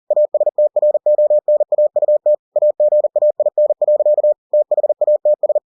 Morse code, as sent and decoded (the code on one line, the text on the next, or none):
.- ... - .-. --- -. .- ..- - / .- --. .- .. -. .-.-.- / - .... .- - ...
ASTRONAUT AGAIN. THATS